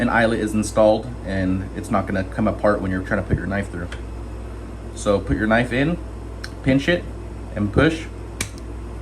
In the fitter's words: can hear that snap right there so that wasn't too hard wasn't too soft